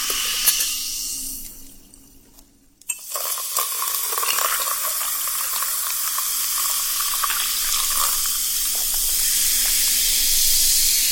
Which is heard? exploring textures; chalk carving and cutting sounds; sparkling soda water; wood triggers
sparkling soda water